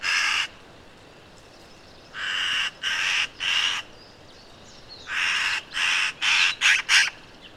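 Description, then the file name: Eurasian magpie harsh rasping chatter, a short burst, then three grating notes, then a fast run of five notes; faint small bird chirps in the background. "Pica pica"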